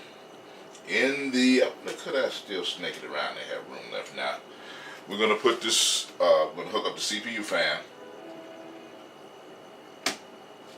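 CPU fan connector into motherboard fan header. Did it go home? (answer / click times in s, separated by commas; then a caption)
yes / 10.1 s. Someone talks about routing cables and hooking up the CPU fan, then, after a quiet stretch, the CPU fan cable's plastic connector is pushed onto the motherboard fan header. It seats with a single sharp snap at 10.1 seconds.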